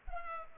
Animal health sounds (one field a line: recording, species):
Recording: mosquito wingbeat signal from an infrared sensor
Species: Culex pipiens